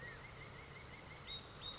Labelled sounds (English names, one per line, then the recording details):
California Quail
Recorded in Sonoma County, California